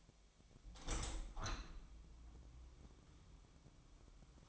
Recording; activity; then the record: daily activity, microphone in the room; open window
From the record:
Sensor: 1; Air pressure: 1006.5 hPa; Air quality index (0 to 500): 208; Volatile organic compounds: 24 ppm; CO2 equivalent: 2802 ppm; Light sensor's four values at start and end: 11/30/12/13 and 12/32/12/14